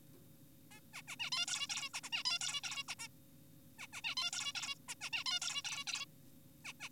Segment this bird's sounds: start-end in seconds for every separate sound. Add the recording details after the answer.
0.71-0.80, 0.94-1.02, 1.08-1.16, 1.20-1.30, 1.32-1.46, 1.48-1.67, 1.70-1.89, 1.94-2.00, 2.04-2.10, 2.13-2.24, 2.26-2.39, 2.41-2.61, 2.64-2.84, 2.88-2.95, 2.99-3.08, 3.79-3.87, 3.93-4.02, 4.04-4.15, 4.17-4.31, 4.33-4.53, 4.55-4.75, 4.88-4.95, 5.01-5.10, 5.13-5.24, 5.26-5.40, 5.42-5.62, 5.65-5.84, 5.87-6.06, 6.65-6.73, 6.80-6.89. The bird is an adult. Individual g4p5U